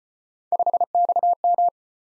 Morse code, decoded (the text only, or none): 5XM